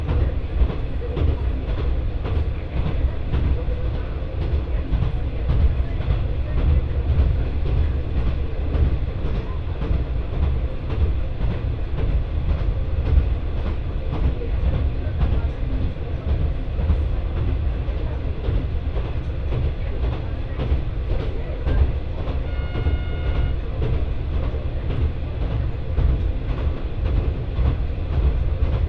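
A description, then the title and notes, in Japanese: A ride aboard a local train, heard from inside the carriage as a steady, dense low rumble with a continuous rattle of wheels on track. The level holds even throughout, and around 22 to 23 seconds a brief thin whine rises above the noise. 耳で楽しむ鉄道旅 越美北線 計石→福井。越前大野からひと山越えた先にある計石からは、足羽川の支流に沿って進み、美山で足羽川と合流します。何度か足羽川を渡りながら一乗谷遺跡のある近くを通りつつ越前花堂で北陸本線に合流して福井を目指します。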